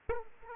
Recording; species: mosquito wingbeat signal from an infrared sensor; Aedes aegypti